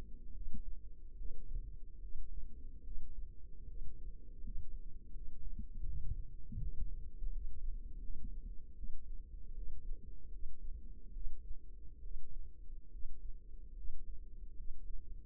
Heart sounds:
heart sounds by microphone in the left ear; 76 bpm
0.32 s: heartbeat
1.15 s: heartbeat
1.99 s: heartbeat
2.82 s: heartbeat
3.65 s: heartbeat
4.41 s: heartbeat
5.11 s: heartbeat
5.84 s: heartbeat
6.58 s: heartbeat
7.30 s: heartbeat
7.99 s: heartbeat
8.74 s: heartbeat
9.52 s: heartbeat
10.29 s: heartbeat
11.11 s: heartbeat
12.01 s: heartbeat
12.89 s: heartbeat
13.74 s: heartbeat
14.55 s: heartbeat
From the record:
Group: healthy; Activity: cold pressor test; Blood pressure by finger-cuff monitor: 75/49 mmHg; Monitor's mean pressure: 60 mmHg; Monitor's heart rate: 78 bpm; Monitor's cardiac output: 6.4 L/min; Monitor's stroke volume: 80 mL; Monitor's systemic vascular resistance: 650 dyn s/cm5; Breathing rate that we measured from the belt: 21 breaths a minute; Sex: female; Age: 22 years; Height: 163 cm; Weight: 67.1 kg

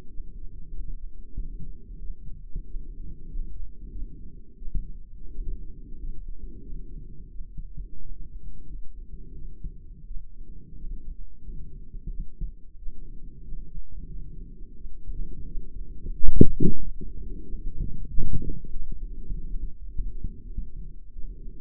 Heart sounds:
heart sounds by microphone in the right ear; 91 bpm
0.09 s: heartbeat
0.73 s: heartbeat
1.35 s: heartbeat
2.00 s: heartbeat
2.66 s: heartbeat
3.29 s: heartbeat
3.91 s: heartbeat
4.57 s: heartbeat
5.30 s: heartbeat
5.96 s: heartbeat
6.61 s: heartbeat
7.30 s: heartbeat
8.01 s: heartbeat
8.67 s: heartbeat
9.34 s: heartbeat
10.06 s: heartbeat
10.76 s: heartbeat
11.41 s: heartbeat
12.09 s: heartbeat
12.77 s: heartbeat
13.43 s: heartbeat
14.07 s: heartbeat
14.75 s: heartbeat
15.46 s: heartbeat
16.11 s: heartbeat
16.76 s: heartbeat
17.43 s: heartbeat
18.09 s: heartbeat
18.72 s: heartbeat
19.33 s: heartbeat
19.92 s: heartbeat
20.52 s: heartbeat
21.13 s: heartbeat
From the record:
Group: healthy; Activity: rest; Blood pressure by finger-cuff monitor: 146/74 mmHg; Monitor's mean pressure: 97 mmHg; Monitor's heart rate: 92 bpm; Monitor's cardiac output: 8.7 L/min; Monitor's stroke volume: 94 mL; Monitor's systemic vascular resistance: 810 dyn s/cm5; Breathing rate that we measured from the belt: 24 breaths a minute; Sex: female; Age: 22 years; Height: 154 cm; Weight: 58.7 kg

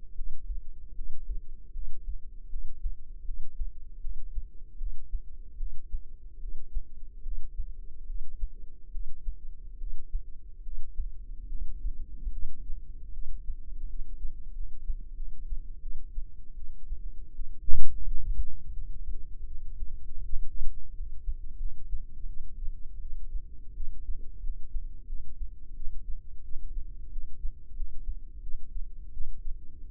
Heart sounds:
heart sounds by microphone in the left ear; 81 bpm
0.14 s: heartbeat
0.94 s: heartbeat
1.72 s: heartbeat
2.49 s: heartbeat
3.24 s: heartbeat
4.00 s: heartbeat
4.77 s: heartbeat
5.56 s: heartbeat
6.39 s: heartbeat
7.22 s: heartbeat
8.05 s: heartbeat
8.90 s: heartbeat
9.77 s: heartbeat
10.62 s: heartbeat
11.48 s: heartbeat
12.31 s: heartbeat
13.12 s: heartbeat
13.88 s: heartbeat
14.53 s: heartbeat
15.15 s: heartbeat
15.80 s: heartbeat
16.54 s: heartbeat
17.34 s: heartbeat
18.02 s: heartbeat
18.71 s: heartbeat
19.45 s: heartbeat
20.23 s: heartbeat
20.93 s: heartbeat
21.58 s: heartbeat
22.27 s: heartbeat
23.00 s: heartbeat
23.74 s: heartbeat
24.42 s: heartbeat
25.07 s: heartbeat
25.74 s: heartbeat
26.43 s: heartbeat
27.11 s: heartbeat
27.74 s: heartbeat
28.41 s: heartbeat
29.11 s: heartbeat
29.86 s: heartbeat
From the record:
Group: healthy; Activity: breath hold 0-4 s, rest 4-30 s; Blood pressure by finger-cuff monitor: 108/71 mmHg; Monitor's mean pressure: 83 mmHg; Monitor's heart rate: 79 bpm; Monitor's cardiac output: 6.2 L/min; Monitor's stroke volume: 79 mL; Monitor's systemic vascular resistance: 990 dyn s/cm5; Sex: female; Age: 19 years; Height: 163 cm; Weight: 48.9 kg

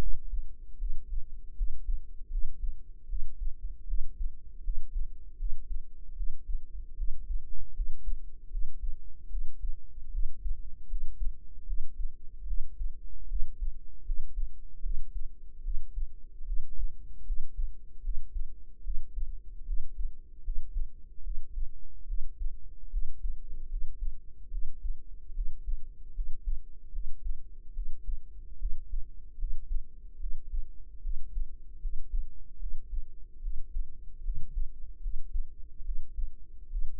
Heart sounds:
heart sounds by microphone in the right ear; 75 bpm
0.77 s: heartbeat
1.54 s: heartbeat
2.28 s: heartbeat
3.06 s: heartbeat
3.85 s: heartbeat
4.61 s: heartbeat
5.36 s: heartbeat
6.14 s: heartbeat
6.94 s: heartbeat
7.73 s: heartbeat
8.48 s: heartbeat
9.28 s: heartbeat
10.10 s: heartbeat
10.87 s: heartbeat
11.64 s: heartbeat
12.44 s: heartbeat
13.26 s: heartbeat
14.03 s: heartbeat
14.80 s: heartbeat
15.61 s: heartbeat
16.43 s: heartbeat
17.23 s: heartbeat
18.00 s: heartbeat
18.81 s: heartbeat
19.64 s: heartbeat
20.41 s: heartbeat
21.21 s: heartbeat
22.05 s: heartbeat
22.89 s: heartbeat
23.67 s: heartbeat
24.49 s: heartbeat
25.32 s: heartbeat
26.12 s: heartbeat
26.90 s: heartbeat
27.72 s: heartbeat
28.56 s: heartbeat
29.36 s: heartbeat
30.17 s: heartbeat
31.00 s: heartbeat
31.78 s: heartbeat
32.57 s: heartbeat
33.39 s: heartbeat
34.21 s: heartbeat
34.99 s: heartbeat
35.82 s: heartbeat
36.68 s: heartbeat
From the record:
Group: healthy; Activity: rest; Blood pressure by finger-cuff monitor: 118/83 mmHg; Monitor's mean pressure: 95 mmHg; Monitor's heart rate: 76 bpm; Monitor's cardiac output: 6.1 L/min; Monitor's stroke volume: 81 mL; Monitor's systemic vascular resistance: 1140 dyn s/cm5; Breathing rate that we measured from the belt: 20 breaths a minute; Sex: female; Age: 22 years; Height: 160 cm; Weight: 45 kg

